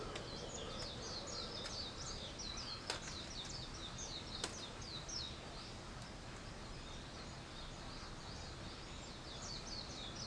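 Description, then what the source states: Birds calling with quick high downslurred chirps in a continuous twittering stream, punctuated by a few faint sharp clicks, over a constant background hiss. Wild birds; 21 April 2023.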